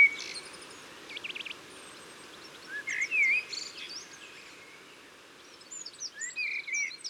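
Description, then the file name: Common blackbird song, a single mellow fluted phrase midway, with scattered thin high twitters and brief trills around it. Recorded in Isère, France. "Merle-noir-Concerts-naturels-de-l Isere-Studio-Les-Trois-Becs"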